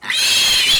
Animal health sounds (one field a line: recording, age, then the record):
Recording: pig call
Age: piglet (1 to 25 days)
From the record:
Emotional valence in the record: negative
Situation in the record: castration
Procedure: castration, fixation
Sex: male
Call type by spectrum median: high-frequency call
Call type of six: high-frequency modulated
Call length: 0.80 s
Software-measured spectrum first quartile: 2967 Hz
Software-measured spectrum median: 3849 Hz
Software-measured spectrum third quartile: 5436 Hz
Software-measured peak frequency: 3162 Hz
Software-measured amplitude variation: 72 dB a second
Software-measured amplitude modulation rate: 26.8 a second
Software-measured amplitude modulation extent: 2.7 dB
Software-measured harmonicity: 2.5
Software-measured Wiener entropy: -1.88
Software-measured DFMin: 618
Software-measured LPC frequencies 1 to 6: 1080, 1935, 2619, 3254, 4163, 5079 Hz